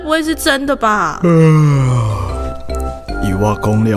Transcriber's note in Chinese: 打哈欠